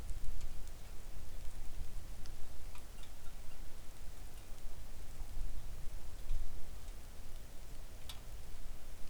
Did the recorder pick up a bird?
no